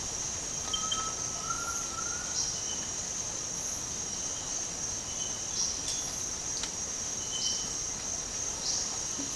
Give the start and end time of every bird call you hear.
0.66s-2.41s: Cinereous Tinamou (Crypturellus cinereus)

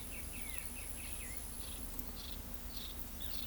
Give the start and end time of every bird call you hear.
0.00s-1.34s: Black-crested Antshrike (Sakesphorus canadensis)
0.96s-3.44s: Straight-billed Woodcreeper (Dendroplex picus)

